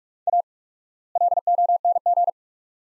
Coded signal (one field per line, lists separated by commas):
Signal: Morse code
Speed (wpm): 46 wpm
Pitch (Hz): 700 Hz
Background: none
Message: A LONG